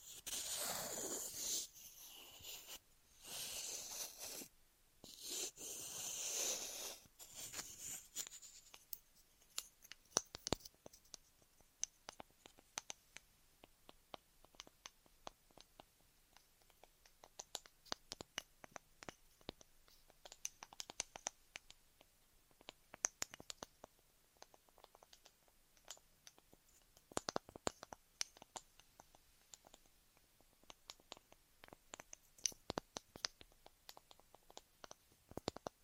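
Ear massage and cleaning sounds: the first eight seconds bring dense, loud rubbing and rustling bursts that cut in and out. After that come sparse, sharp scratches and clicks, irregular and quick, against near silence until the end.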